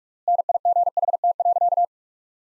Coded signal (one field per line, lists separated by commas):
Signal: Morse code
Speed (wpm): 41 wpm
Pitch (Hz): 700 Hz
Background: none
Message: NIGHT.